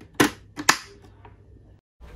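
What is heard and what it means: A plastic J-hook buckle mount is slid from top to bottom into a curved adhesive base mount on a half-face helmet. A sharp plastic snap at 0.2 s is followed by a louder, crisp click at 0.7 s, then quiet. The click at 0.7 s means the buckle is seated in the mount.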